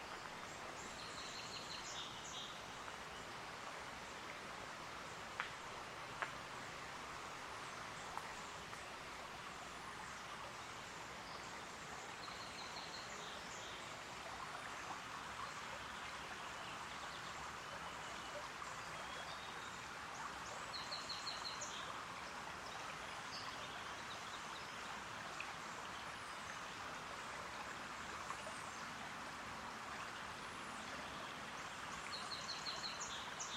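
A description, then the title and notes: Water runs steadily through a sandstone creek, a dense, even rushing hiss that barely changes over the whole stretch. Small bright bird calls chirp above it every few seconds, near the start, middle and end, against the constant flow. Cougar Canyon Creek. This soundwalk was taken June 1, 2022 at Cougar Canyon in Vancouver, Washington. It features the manifold sounds of water moving through a unique sandstone landscape.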